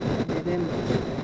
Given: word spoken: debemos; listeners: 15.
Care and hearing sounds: one Spanish word in noise, from a listening test; noise modulated by three-talker babble; -4.2 dB; 0 of 15; 12 of 15; 0.84 s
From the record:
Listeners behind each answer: 12, 1, 1, 1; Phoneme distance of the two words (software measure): 10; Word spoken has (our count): 3 syllables, 7 phonemes, stress on syllable 2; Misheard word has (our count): 3 syllables, 7 phonemes, stress on syllable 2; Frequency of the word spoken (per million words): 65.26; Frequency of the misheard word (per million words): 0.62

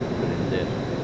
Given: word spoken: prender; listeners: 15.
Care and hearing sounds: one Spanish word in noise, from a listening test; speech-shaped noise; -5.0 dB; 0 of 15; 6 of 15; 0.64 s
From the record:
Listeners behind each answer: 6, 1, 1, 1, 1, 1, 1, 1, 1, 1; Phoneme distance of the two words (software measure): 17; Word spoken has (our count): 2 syllables, 7 phonemes, stress on syllable 2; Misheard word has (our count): 2 syllables, 6 phonemes, stress on syllable 2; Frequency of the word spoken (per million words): 2.73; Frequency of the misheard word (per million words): 35.02

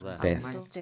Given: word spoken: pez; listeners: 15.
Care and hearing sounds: one Spanish word in noise, from a listening test; four-talker babble; 6.8 dB; 5 of 15; 8 of 15; 0.42 s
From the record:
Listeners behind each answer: 8, 5, 1, 1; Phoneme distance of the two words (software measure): 10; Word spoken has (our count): 1 syllable, 3 phonemes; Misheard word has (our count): 1 syllable, 3 phonemes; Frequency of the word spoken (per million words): 10.81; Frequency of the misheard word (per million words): 2.83

